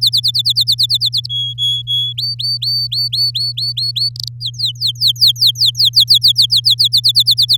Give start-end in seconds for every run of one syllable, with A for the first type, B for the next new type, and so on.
0.01-1.27 A, 1.29-2.13 B, 2.17-4.09 C, 4.16-4.29 D, 4.40-6.88 E, 6.92-7.57 A